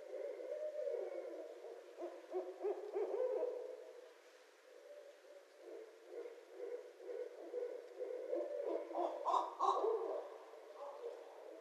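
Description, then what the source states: Barred owl hooting, a run of low, overlapping hoots and rougher notes, with a louder burst of cackling near the end. Recorded 2012-02-24.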